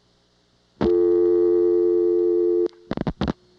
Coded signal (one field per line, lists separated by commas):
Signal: telephone call progress tone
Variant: North America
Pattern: dial tone